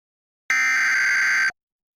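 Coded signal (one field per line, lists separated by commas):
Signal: Emergency Alert System (SAME) tones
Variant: header bursts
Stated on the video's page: Failed alert, captured as audio only.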